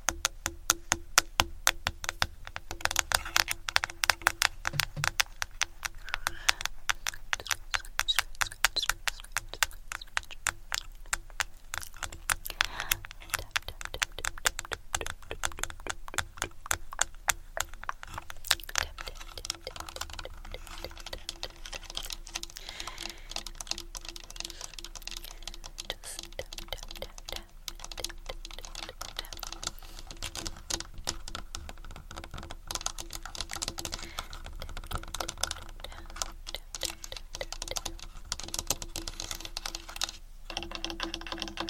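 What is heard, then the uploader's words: Fast tapping on and around a camera, a dense run of sharp clicks and taps that sounds almost like rapid typing. The strikes are quickest and loudest through the first twenty seconds, then settle into a softer, steadier patter over a low constant hum. ASMR Fast Camera Tapping On & Around Camera.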